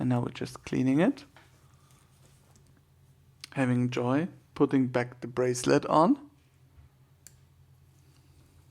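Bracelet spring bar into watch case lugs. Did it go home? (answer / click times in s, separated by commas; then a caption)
yes / 7.3 s. Someone talks while a metal bracelet is refitted to the restored case of a Breitling watch that stopped working after being worn swimming. At 7.3 s the bracelet's spring bar snaps into the watch case's lug holes with a single sharp click, seating it.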